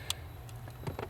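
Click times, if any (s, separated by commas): none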